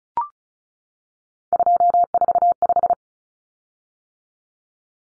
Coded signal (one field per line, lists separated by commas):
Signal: Morse code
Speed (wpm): 34 wpm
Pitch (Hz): 700 Hz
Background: none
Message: 245